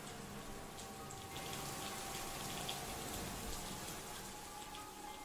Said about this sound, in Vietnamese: Một lúc sau ngoài trời mưa vẫn đổ, ở nhà Linh đã ngủ được. Cả làng quê chìm nghỉm trong mưa mù, gió bão.